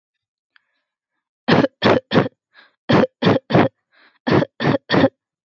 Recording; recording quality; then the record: shallow voluntary cough; excellent, no background noise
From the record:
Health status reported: exposed to COVID-19, no respiratory illness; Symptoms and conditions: none ticked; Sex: female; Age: 23 years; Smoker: not ticked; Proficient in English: yes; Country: India